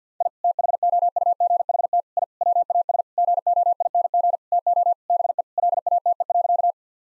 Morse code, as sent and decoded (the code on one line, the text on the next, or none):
.. / - .... --- ..- --. .... - / .. / .-- .- ... / --. --- .. -. --. / - --- / -... . / .-.. .- - . .-.-.-
I THOUGHT I WAS GOING TO BE LATE.